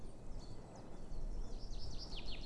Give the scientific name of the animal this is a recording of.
Fringilla coelebs